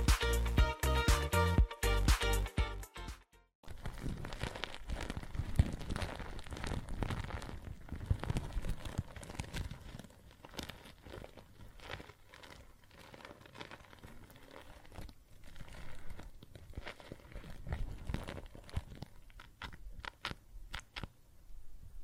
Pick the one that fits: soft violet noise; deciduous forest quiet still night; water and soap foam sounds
water and soap foam sounds